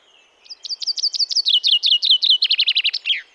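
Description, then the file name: Common chaffinch song, crisp repeated notes dropping step by step in pitch, accelerating into a trill and finishing with a quick terminal flourish. "Fringilla coelebs"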